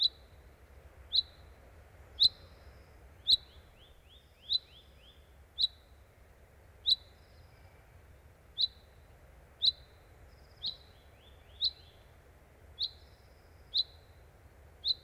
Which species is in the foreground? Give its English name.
Common Chaffinch